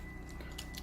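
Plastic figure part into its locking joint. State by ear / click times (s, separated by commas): seated / 0.6 s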